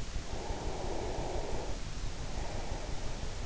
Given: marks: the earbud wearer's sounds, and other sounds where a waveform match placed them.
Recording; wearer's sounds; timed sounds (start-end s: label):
sounds in sleep by an in-ear microphone; breath
0.18-3.11 s: breath